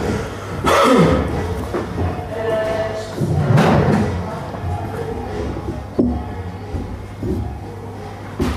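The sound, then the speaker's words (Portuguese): A door is pushed shut, with a few dull thumps and a soft latch knock spread over several seconds amid shuffling and faint breathy sounds, over a low steady hum. “E queres encostar a porta? Eu vou fazer isso.”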